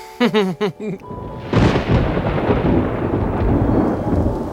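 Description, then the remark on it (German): After a few brief voiced sounds, a loud clap of thunder from an approaching thunderstorm breaks in and rolls on as a deep, broad, sustained rumble that slowly fades without ending. “ich glaube, es kommt ein Gewitter.”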